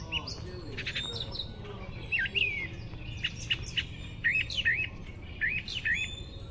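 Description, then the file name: Grey catbird song: a jumbled run of varied squeaky, slurred phrases, some rising and falling, delivered in quick succession over a low steady background hum. "GRCA song"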